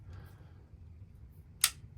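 A second carbon brush is pushed with a screwdriver through the hole on the other side of a Blomberg 371202407 washing machine motor into its brush holder. Against a low background hum, a sharp, bright click at 1.6 seconds marks the brush seating in the holder.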